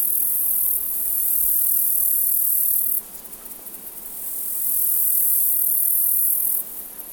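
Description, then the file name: Cicadas producing a continuous, very high, shrill hissing drone that swells and drops in loudness several times. Ambience of several cicadas. "Amb Cicadas Loop"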